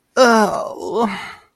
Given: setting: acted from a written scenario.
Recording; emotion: vocal sound without words; distress